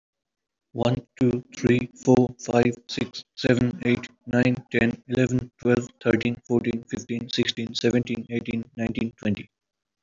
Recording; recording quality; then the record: counting at a fast pace; excellent, no background noise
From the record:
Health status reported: exposed to COVID-19, no respiratory illness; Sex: male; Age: 22 years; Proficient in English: yes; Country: India